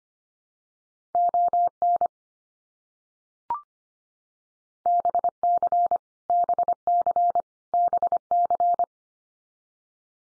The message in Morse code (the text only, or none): ON BC BC BC